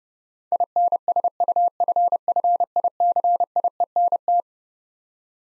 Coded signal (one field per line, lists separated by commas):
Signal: Morse code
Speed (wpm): 30 wpm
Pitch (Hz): 700 Hz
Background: none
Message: INSUFFICIENT